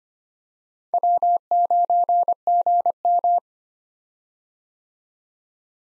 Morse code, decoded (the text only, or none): W9GM